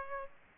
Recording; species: mosquito wingbeat signal from an infrared sensor; Aedes aegypti